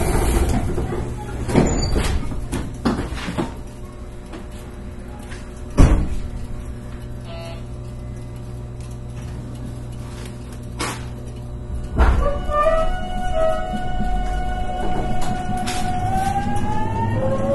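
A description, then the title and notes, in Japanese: Running sound of an 813 series electric train on a rapid service, recorded aboard. A steady low rumble and hum carry throughout, broken by sharp clacks and knocks, louder near the start and around six and twelve seconds. After twelve seconds, whining motor tones climb in pitch as the train speeds up. JR813系 博多から折尾まで。JR九州 813系電車の走行音です。鹿児島線の快速列車にて収録しました。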